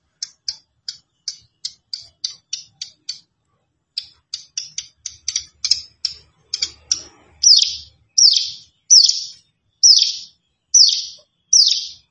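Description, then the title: Plain prinia song: quick runs of sharp high chirps broken by a brief pause, ending in louder, slower down-slurred notes repeated roughly every second. "Ciblek Sawah"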